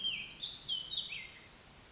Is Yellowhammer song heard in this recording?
no